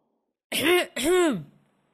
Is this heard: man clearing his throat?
yes